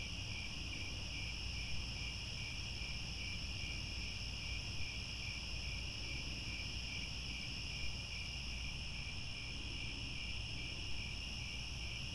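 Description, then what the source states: Crickets chirping in a steady, dense chorus, high continuous trilling with faint pulsing near the lower band, over a low rumbling background. Crickets chirping at twilight.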